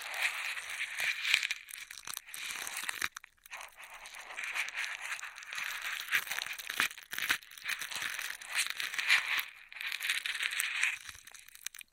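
Straws being handled in a dense, continuous rustle of crinkling and crunching, bright and papery with little low end. The texture stays busy throughout, with brief gaps near three and seven seconds and sharp clicks and snaps scattered across the twelve seconds.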